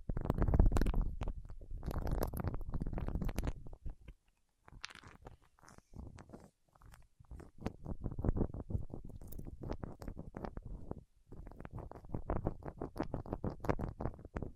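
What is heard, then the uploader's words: Wax fingertips rub and press, making dense, sticky crackling and squishing that comes in busy bursts. Thicker, louder stretches in the first four seconds give way to a short near-silence, then rapid clicky taps and smears continue irregularly to the end. ASMR with Wax Fingertips for Sleep (No Talking).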